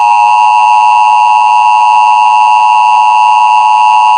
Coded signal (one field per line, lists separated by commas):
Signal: Emergency Alert System (SAME) tones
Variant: 853 and 960 Hz attention tone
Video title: EAS Civil Emergency Message Saint Louis County, Minnesota (Duluth) 911 Outage Emergency KTWH-LP